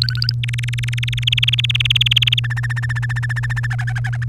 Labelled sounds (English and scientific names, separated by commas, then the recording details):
Domestic Canary (Serinus canaria) song
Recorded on 3 May 2018 at 07:00
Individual llb3